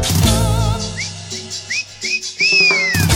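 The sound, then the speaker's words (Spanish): A person whistles a string of short, upward-sliding notes, ending in a longer high swoop, over steady cumbia music with a thumping bass line. “Si vos te plantás, si vos sos cumbiero, tenés que silbar.”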